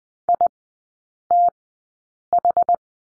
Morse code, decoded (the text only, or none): ITH